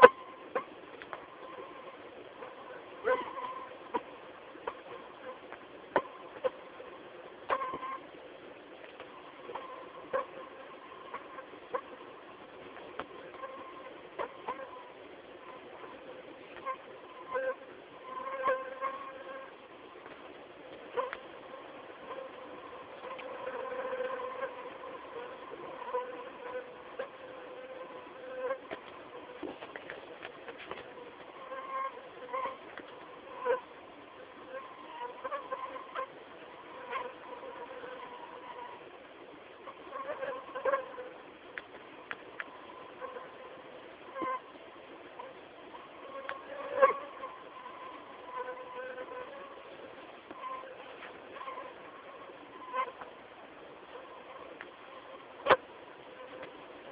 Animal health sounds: mosquito flight sound by mobile phone; Anopheles merus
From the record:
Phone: not stated

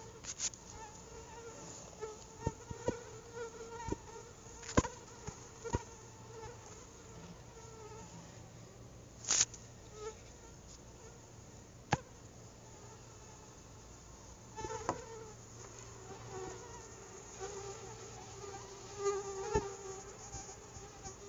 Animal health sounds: mosquito flight sound by mobile phone; Anopheles quadriannulatus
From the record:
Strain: SANQUA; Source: CDC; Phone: Google Nexus

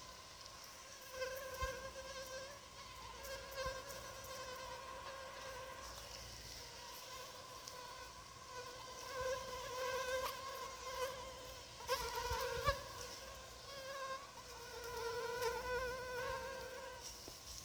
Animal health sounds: mosquito flight sound by mobile phone; Anopheles arabiensis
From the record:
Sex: female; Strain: Rufisque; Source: CDC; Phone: Sony Xperia

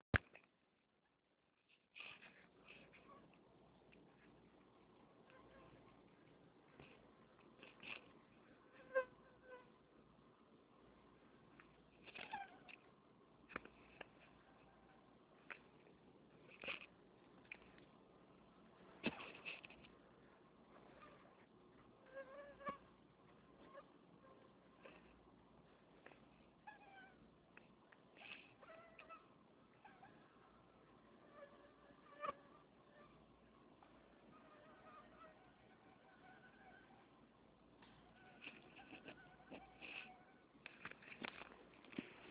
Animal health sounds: mosquito flight sound by mobile phone; Anopheles farauti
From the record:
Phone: Nokia 6555B

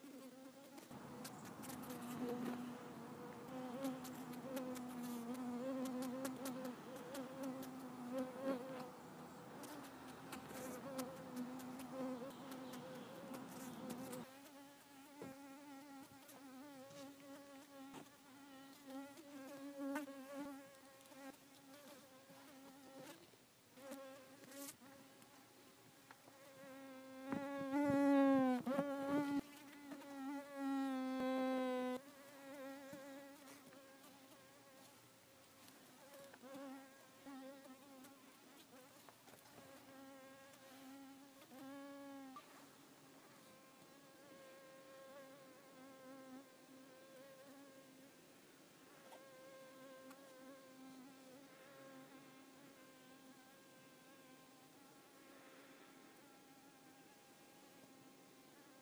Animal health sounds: mosquito flight sound by mobile phone; Culiseta incidens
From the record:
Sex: female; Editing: snipped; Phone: iPhone 4S

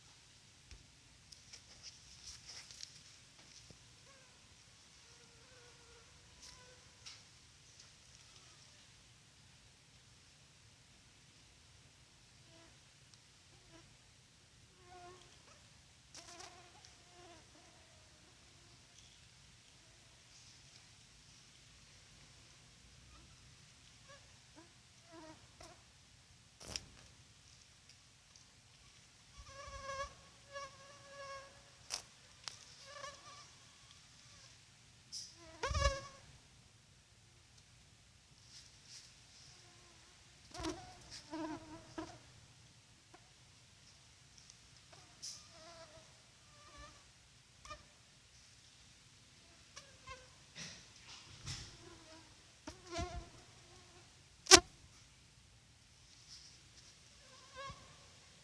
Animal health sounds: mosquito flight sound by mobile phone; Culex pipiens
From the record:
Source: SanMateoVCD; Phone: Sony Xperia

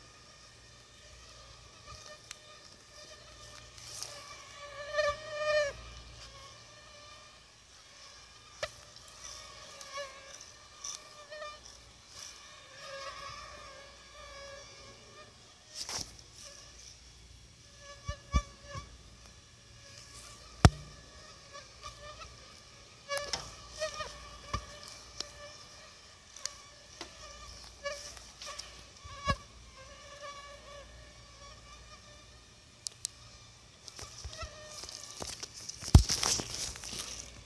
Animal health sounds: mosquito flight sound by mobile phone; Aedes aegypti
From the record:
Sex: female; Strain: 10130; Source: CDC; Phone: Sony Xperia

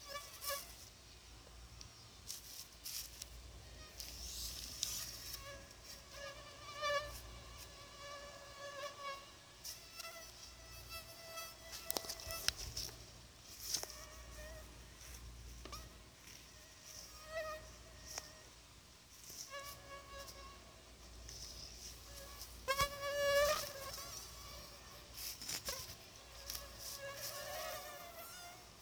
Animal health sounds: mosquito flight sound by mobile phone; Anopheles arabiensis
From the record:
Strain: Dongola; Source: CDC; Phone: Sony Xperia

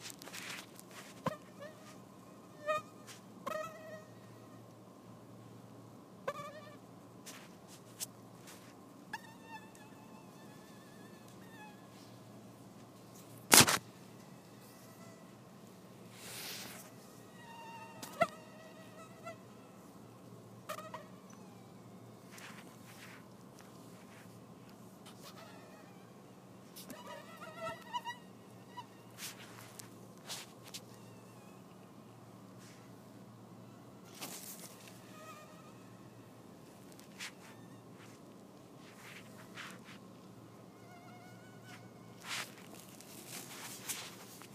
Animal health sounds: mosquito flight sound by mobile phone; Anopheles farauti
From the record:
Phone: iPhone 4S

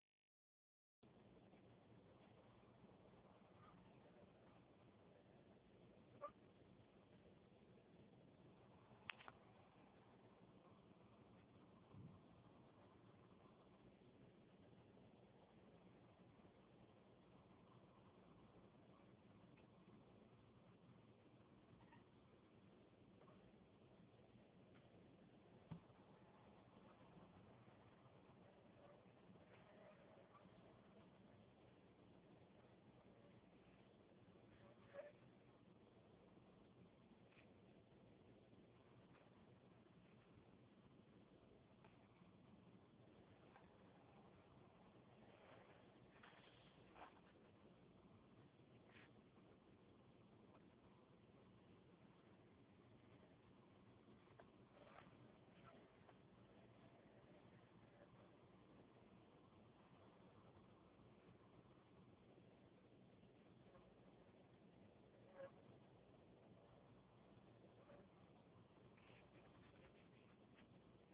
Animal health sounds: mosquito flight sound by mobile phone; Anopheles minimus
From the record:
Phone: Huawei 866C

